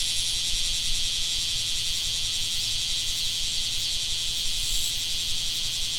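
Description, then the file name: Bear cicada song as a loud, steady, high-pitched buzz with only slight pulsing, unbroken for the whole stretch. "クマゼミ"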